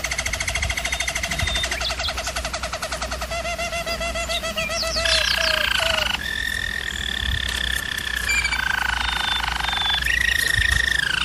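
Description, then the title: German Roller canary singing a run of rolled tours that shift pitch every second or two, moving from low pulsed rolls to higher sustained trills, with a faint low hum. German Roller canary singing, for canary training. "German Roller Canary Singing - Canary Training Vid"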